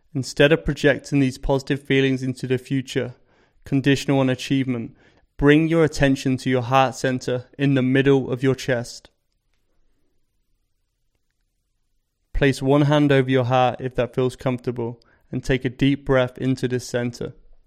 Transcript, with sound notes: Instead of projecting these positive feelings into the future, conditional on achievement, bring your attention to your heart center in the middle of your chest. [Pause 5 seconds] Place one hand over your heart if that feels comfortable, and take a deep breath into this center.